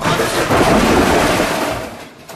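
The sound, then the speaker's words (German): A loud, roaring crash from an elevator's sudden emergency braking to a dead stop: a dense, rumbling burst of noise that holds for about two seconds, then fades. No voices are heard. “Plötzliche Notbremsung auf null.”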